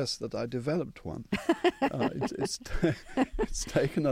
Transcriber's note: laughter